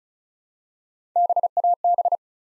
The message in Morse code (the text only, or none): BAB